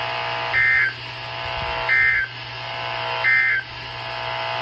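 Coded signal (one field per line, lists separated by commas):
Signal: Emergency Alert System (SAME) tones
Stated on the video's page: Severe thunderstorm and tornado warnings, including double headers, from the NOAA Weather Radio transmitter at Pecos, Texas, during a severe weather outbreak.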